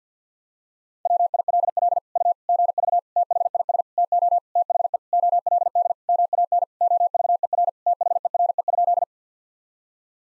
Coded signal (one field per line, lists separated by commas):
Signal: Morse code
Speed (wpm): 50 wpm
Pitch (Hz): 700 Hz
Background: none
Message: WILL U GV THIS TO THE OLD MAN OVER THERE?